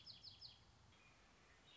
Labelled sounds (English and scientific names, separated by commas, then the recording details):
Red-winged Blackbird (Agelaius phoeniceus)
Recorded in Sonoma County, California